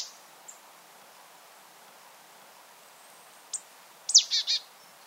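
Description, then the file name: Marsh tit calls: a few scattered high notes, then a sharp high note followed by a quick series of buzzy, nasal notes near the end. "Poecile palustris"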